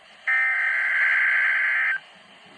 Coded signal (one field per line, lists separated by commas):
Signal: Emergency Alert System (SAME) tones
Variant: header bursts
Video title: EAS #406 (Tornado Watch)